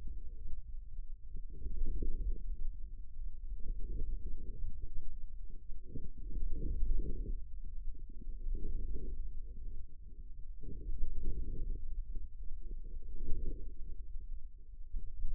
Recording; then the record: forearm muscle sounds (acoustic myography)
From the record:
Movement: wrist flexion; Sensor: system 2, bracelet of six BSWA MPA416 microphones around the upper forearm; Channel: 2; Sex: male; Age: 22 years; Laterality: right